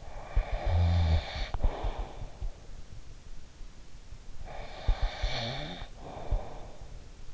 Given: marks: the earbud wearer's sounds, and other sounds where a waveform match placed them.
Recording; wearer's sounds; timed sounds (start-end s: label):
sounds in sleep by an in-ear microphone; snoring breath
0.00-2.74 s: snoring breath
4.01-7.26 s: snoring breath